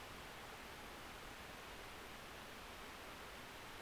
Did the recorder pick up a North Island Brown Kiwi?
no